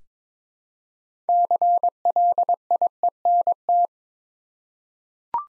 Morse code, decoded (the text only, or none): CLIENT